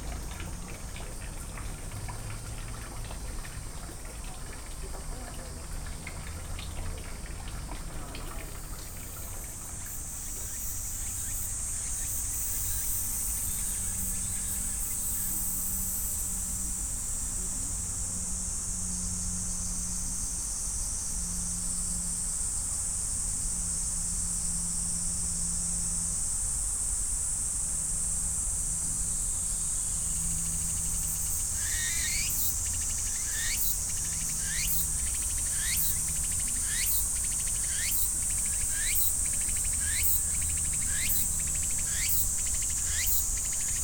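A field recording from Kyoto, filled with a steady high whine of insects that grows louder and thicker after about ten seconds. From around the half-minute mark, sharp chirps repeat roughly once a second over it, while a low traffic-like rumble runs underneath throughout.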